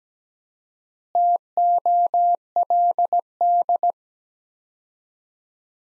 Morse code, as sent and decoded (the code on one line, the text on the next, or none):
- --- .-.. -..
TOLD